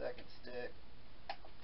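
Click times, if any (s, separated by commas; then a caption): 1.3 s. Someone talks as the second RAM memory stick is pushed down into the motherboard DIMM slot. A short, sharp click at 1.3 s marks the retention clip latching and the stick seating.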